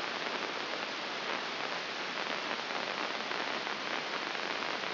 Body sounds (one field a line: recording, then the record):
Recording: brain microelectrode recording played as sound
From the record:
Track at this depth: outside the subthalamic nucleus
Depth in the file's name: 4.024 mm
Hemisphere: left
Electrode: 2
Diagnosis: Parkinson's disease